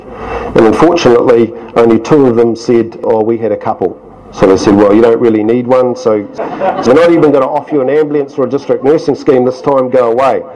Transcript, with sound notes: And unfortunately only two of them said, “Oh, we had a couple”. So they said “Well, you don’t really need one, so [chuckles] we’re not even going to offer you an ambulance for a district nursing scheme this time – go away”.